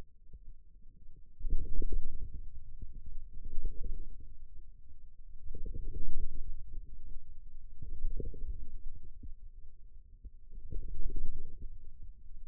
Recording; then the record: forearm muscle sounds (acoustic myography)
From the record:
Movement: ulnar deviation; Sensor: system 2, bracelet of six BSWA MPA416 microphones around the upper forearm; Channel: 2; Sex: male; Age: 22 years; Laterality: right